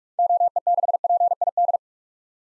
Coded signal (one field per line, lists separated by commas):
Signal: Morse code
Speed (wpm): 46 wpm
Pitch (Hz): 700 Hz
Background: none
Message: OE6PID